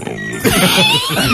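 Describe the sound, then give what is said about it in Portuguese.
A person imitates a pig, Rabicó, the talking pig of Pretinho Básico, as its tail is pulled, with a quick series of nasal, grunting oinks, loud and rhythmic, lasting just over a second. “Como é que é o porco?”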